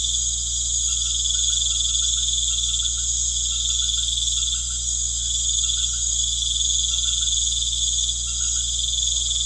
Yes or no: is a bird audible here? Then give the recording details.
no. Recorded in pastures near Puerto Asís, Putumayo, Colombia, on 13 March 2025 at 19:30. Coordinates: 0.505, -76.324. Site GP08